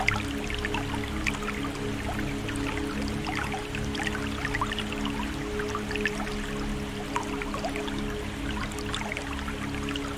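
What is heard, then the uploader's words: Riverside water sounds with ambient music: a steady, low sustained drone holds underneath throughout. Above it, quick bright drips and small trickling splashes scatter densely and irregularly, while the overall level stays even for the whole ten seconds. Riverbank Reflections: Nature Sounds and Ambient Music.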